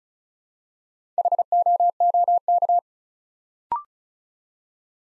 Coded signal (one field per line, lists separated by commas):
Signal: Morse code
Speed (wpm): 36 wpm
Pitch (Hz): 700 Hz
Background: none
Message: HOOK